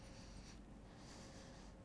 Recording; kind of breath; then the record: one breath in and out by a microphone near the nose and mouth; deep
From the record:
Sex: male